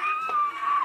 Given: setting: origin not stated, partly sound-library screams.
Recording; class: one-second piece from a danger detection set; woman in danger